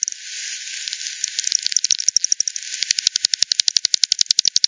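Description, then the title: Bat echolocation, lowered to audible ticks, starts as soft hiss with sparse clicks, then becomes a steady train of sharp pulses. Multiple bats at Hogsmill River, Hogsmill Lane, 7 October 2020, 18:10 UTC; frequency-divided by ten, band-pass filtered and resampled. "WW bat 20201007 T 18 : 10 Z-Hogsmill-Lane-Hogsmill-River-multiple-bats"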